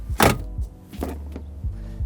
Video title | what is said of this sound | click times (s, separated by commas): SPECS And FEATURES Of The 2024 Chevy Equinox RS | you push the seat until you hear too latches | 0.2 s, 1.4 s